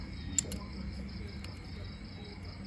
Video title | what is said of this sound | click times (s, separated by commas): Suzuki Raider125 จุดสำคัญในเครื่อง #raider125 #suzuki | ก็เอาแหวนตัวเใส่ลงไปล็อคฮะ | 0.4 s